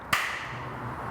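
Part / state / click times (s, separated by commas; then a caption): plastic badge into scooter front panel / seated / 0.1 s. A plastic front badge is snapped into the front panel of a Vespa GTS HPE scooter, starting from the right side, and pushed until it clicks into place. A single sharp click is heard at 0.1 s, followed by a low, steady background hum. The badge is seated in the panel.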